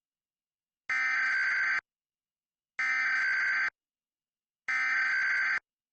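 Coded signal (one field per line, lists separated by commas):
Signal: Emergency Alert System (SAME) tones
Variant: header bursts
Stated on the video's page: Fictional EAS mock alert.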